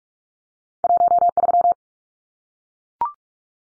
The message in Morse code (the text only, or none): 13